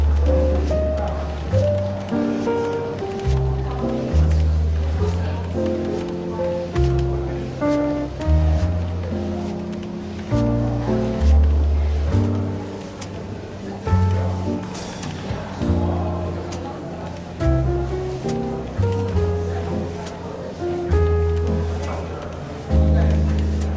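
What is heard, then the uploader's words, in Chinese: Soft jazz plays over a light hum of café chatter, with a walking bass line stepping steadily along the bottom and piano chords shifting every second or so. Murmured voices run underneath throughout, and a few brighter clinks and taps surface briefly, around the middle. 伦敦书店咖啡馆轻微喧闹氛围与柔和轻松的爵士背景音乐。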